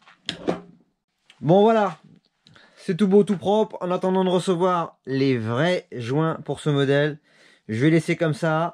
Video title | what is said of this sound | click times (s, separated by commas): Honda MTX 50 Elle Démarre ! Vidange boite changement piston segments & joints Dédicace Tomahawk Army | en principe on devrait entendre 2 clics bon | 0.3 s, 0.5 s